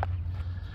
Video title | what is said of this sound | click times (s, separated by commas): 2009 w-164, ml350 4matic O2 sensors upstream and downstream bank 1 and bank 2 | it's there let's bring this here and we'll plug this in to here until we click | 0.0 s